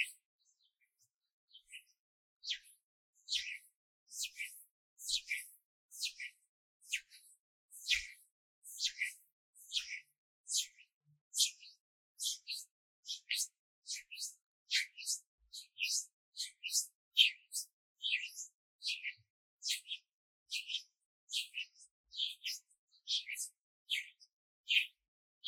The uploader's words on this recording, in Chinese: 手的聲音 | Hand Sounds | No Talking。The various sounds of this hand。